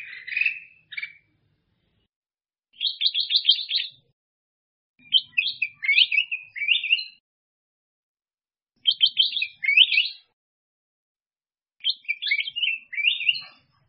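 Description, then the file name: Black-crested bulbul song: short bright whistled phrases with quick warbled notes, repeated in bursts every few seconds with silent gaps between. "Tieng chao mao vang"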